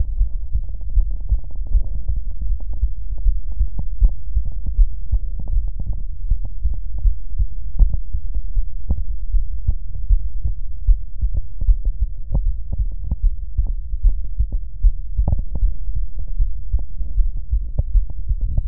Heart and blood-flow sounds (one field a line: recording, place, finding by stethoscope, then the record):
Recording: heart sounds by stethoscope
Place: pulmonary valve (PV)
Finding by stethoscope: normal heart sounds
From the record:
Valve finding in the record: normal valve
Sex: female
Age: 74 years